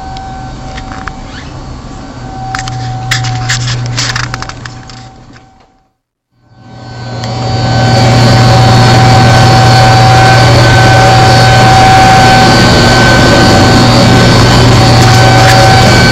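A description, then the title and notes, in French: A sound piece at the Kunsthalle: a steady, engine-like drone with a low hum and a thin sustained tone above it, plus scattered crackles. Around six seconds it fades to silence, then swells back louder and brighter, holding steady to the end. Expérience sonore à la Kunsthalle. Nous avons enregistré des sons dans le bâtiment de La Fonderie (qui accueille un centre d'art contemporain et une université). Les sons ont ensuite été montés pour réaliser une bande sonore.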